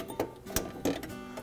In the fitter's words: you'll hear it lock into place then